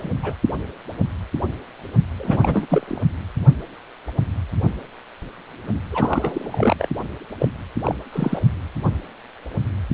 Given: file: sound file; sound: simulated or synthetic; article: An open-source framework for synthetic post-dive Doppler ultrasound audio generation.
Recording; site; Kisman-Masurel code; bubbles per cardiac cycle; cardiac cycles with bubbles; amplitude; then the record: Doppler ultrasound audio after a dive; precordial; 222; several, 3–8; 10–50%; moderate amplitude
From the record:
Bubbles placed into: full cardiac cycles